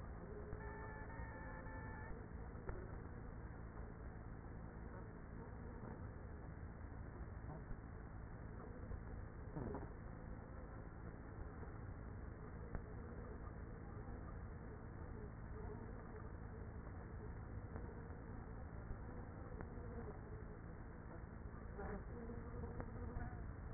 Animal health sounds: honeybee colony, microphone inside the hive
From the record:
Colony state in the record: queenless with a low population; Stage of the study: after two queens were removed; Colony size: about 30,000 bees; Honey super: no

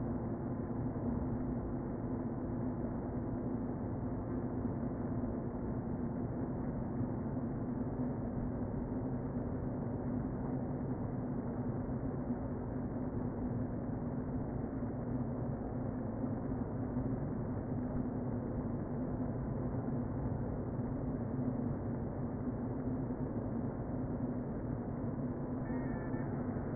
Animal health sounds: honeybee colony, microphone inside the hive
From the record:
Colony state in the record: queen present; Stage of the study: before two queens were removed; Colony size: about 60,000 bees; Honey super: yes

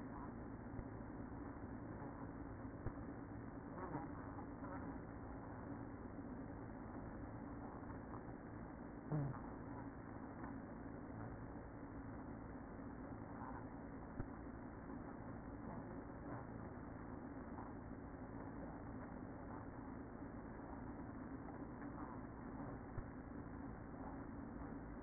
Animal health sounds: honeybee colony, microphone inside the hive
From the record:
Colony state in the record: queen present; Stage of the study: after two queens were removed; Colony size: about 60,000 bees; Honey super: yes

